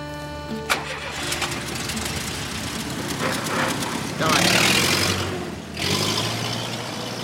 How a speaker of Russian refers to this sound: Садится в машину, уезжает.